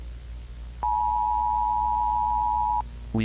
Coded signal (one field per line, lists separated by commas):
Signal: Emergency Alert System (SAME) tones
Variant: 853 and 960 Hz attention tone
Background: speech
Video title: Mini Eas | Satyress Threehalves National Emergency